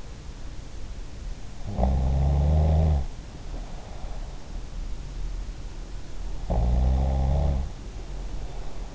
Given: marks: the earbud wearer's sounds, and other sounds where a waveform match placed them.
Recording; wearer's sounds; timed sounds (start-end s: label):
sounds in sleep by an in-ear microphone; snoring breath
1.64-4.25 s: snoring breath
6.46-8.95 s: snoring breath